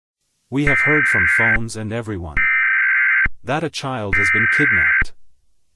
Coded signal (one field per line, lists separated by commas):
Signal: Emergency Alert System (SAME) tones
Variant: header bursts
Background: speech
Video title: Soap 1.3 Network EAS Broadcast (6/13/25)